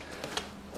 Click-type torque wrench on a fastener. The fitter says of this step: tighten it up boom cck all right cool now when you're doing smaller measurements